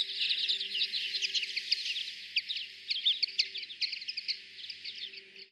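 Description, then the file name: European greenfinch calls as a busy, continuous twitter of quick high chirps, with brighter bursts spaced throughout and a steady faint low hum beneath. "Chloris chloris"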